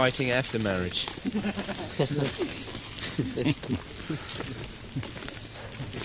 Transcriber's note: laughter